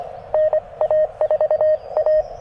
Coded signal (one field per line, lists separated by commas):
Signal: Morse code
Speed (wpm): 21 wpm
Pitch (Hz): 600 Hz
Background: none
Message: NA4A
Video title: Morning Morse Code - 04/16/2024